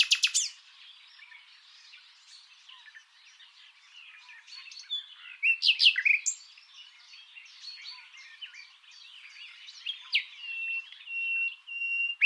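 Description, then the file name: Common nightingale giving a rich, varied song of harsh bursts, quick twitters and liquid phrases, ending with a long, level whistled note. "Luscinia megarhynchos"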